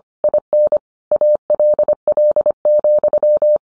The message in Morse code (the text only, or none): IN ALL,